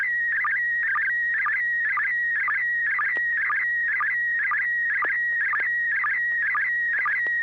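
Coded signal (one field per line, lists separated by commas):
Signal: SSTV (slow-scan television)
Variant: PD120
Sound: warbling tone near 1.9 kHz, with rhythmic chirpy bursts twice a second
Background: low hum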